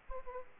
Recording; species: mosquito wingbeat signal from an infrared sensor; Aedes aegypti